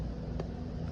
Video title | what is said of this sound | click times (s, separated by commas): How To change spark plugs & wires using a 2000 Saturn SL2 | okay and there's a little click you pull up and you can check | 0.4 s